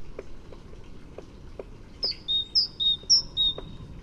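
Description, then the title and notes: Great tit song of three even high-low whistled phrases in the second half, after scattered faint clicks. "Kjøttmeis by forskningno"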